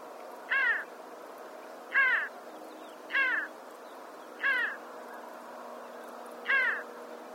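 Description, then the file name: Pin-tailed sandgrouse giving five harsh, nasal calls spaced about one to two seconds apart. "ganga cata"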